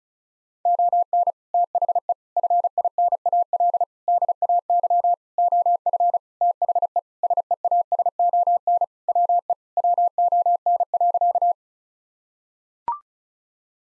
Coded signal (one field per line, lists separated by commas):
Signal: Morse code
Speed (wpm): 36 wpm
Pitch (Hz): 700 Hz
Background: none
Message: ON THE FINAL DAY OF THE SEASON WE WON.